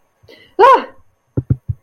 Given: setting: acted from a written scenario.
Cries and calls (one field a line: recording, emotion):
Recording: vocal sound without words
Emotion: fear